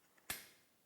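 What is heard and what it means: A metal retaining clip is fitted over the LED bulb base in a vintage Honda headlight lens assembly as part of a headlight upgrade. A faint tick near 0.2 s comes before one sharp, bright click at 0.3 s as the clip seats, and the sound then decays over about half a second. The clip is on and the upgrade is done.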